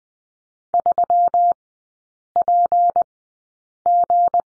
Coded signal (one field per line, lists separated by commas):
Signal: Morse code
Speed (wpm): 20 wpm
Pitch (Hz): 700 Hz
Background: none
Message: 3PG